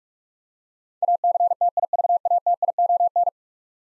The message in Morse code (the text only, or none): ACTIVATION